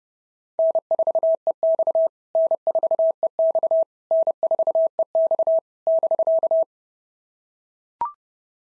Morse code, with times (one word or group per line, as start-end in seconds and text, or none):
0.6-2.1 N4EX
2.4-3.8 N4EX
4.1-5.6 N4EX
5.9-6.6 <BK>